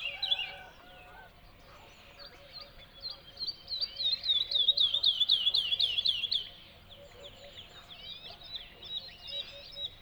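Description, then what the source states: Bird song of high, chirping notes that build into a rapid trilled run in the middle, then scattered twittering notes continue. Song delivered from a tree in the Spanish dehesas.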